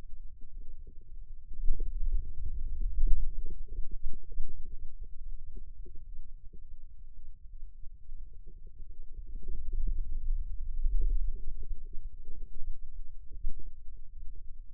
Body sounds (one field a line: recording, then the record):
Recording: forearm muscle sounds (acoustic myography)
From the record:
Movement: wrist extension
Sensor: system 2, bracelet of six BSWA MPA416 microphones around the upper forearm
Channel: 5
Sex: male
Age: 22 years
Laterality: right